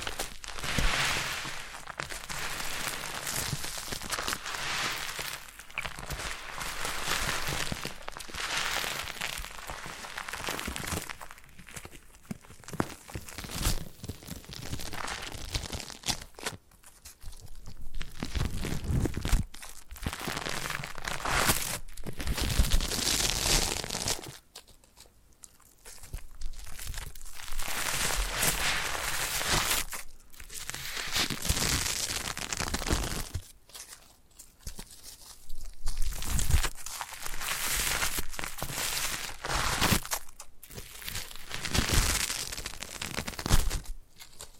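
Foam being massaged and squeezed gives a dense, rustling, crinkly hiss that comes in long swells of several seconds, broken by short quiet gaps near 12, 17, 24 and 34 seconds. The squishing texture reaches from low rumble up to bright crackle throughout.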